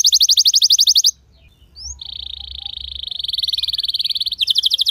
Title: Kenari Gacor Speed RAPAT Cuit Cuit Ngero L Suara Bagus Untuk Pancingan Kenari Paud Belajar Bunyi